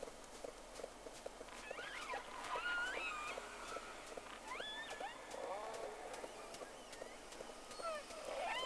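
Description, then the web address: Whale whistles and pulsed calls, several looping upsweeps and wavering tones repeated throughout, layered over rapid clicking and a constant hiss of water noise. Two whales, on 3 October 2006 around 11:30, in the first round of recording. "Sea Snake 10-3-06 Whales X 2 11-30"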